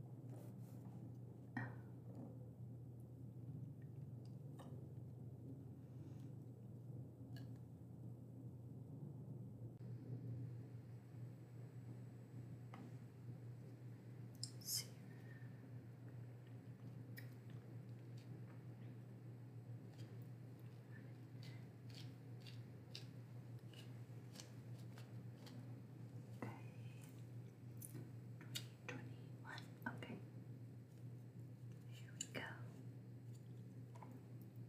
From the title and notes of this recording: Librarian Checking Books ASMR. I will be checking through and prepping books for the library. There are some noise issues in this one.